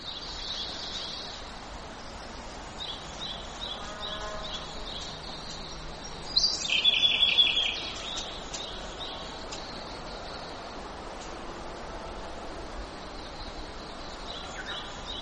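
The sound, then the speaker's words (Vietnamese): Wild birds sing outdoors in repeated high, thin chirps over a steady hiss, with one louder, buzzier burst midway before the quieter twittering carries on. “Những cánh chim trời. Ngô Thạch Quỳnh Huyên ghi.”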